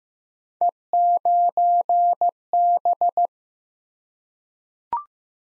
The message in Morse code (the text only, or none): E9B